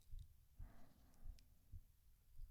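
Soft, low paired thumps recur steadily in a regular lub-dub rhythm with nothing between beats. A brief fabric-like rustle passes in the background. This is an ordinary, slow, steady heartbeat heard close up against an adult's chest.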